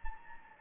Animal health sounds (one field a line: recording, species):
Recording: mosquito wingbeat signal from an infrared sensor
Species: Anopheles gambiae